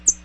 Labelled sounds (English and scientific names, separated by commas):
American Redstart (Setophaga ruticilla) flight call